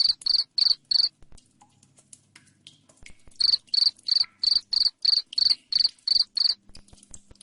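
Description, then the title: Cricket chirping: a few shrill pulses, a pause of about two seconds, then a long even run of chirps near three per second. Loud cricket chirping (jangkrik ngerik), used to make lovebirds sing ngekek continuously. "Suara JANGKRIK NGERIK Keras Bikin LOVEBIRD Jadi NGEKEK Terus Vubey"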